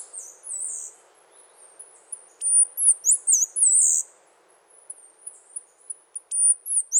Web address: Birds of the Costa Rican Cloud Forest Song and Call